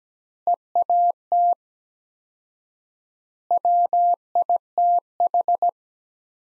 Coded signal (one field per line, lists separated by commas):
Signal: Morse code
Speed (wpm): 17 wpm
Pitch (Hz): 700 Hz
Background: none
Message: EAT WITH